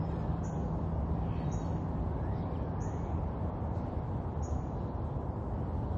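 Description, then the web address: Bird chirping: four brief high-pitched notes spaced one to one and a half seconds apart against a dense hum of vehicles. Urban ambience with birds chirping and distant traffic. "SFXBible ambience-urban-birds-chirp-distant-traffic"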